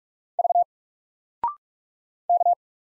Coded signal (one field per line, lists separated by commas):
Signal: Morse code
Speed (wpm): 44 wpm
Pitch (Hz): 700 Hz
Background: none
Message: V K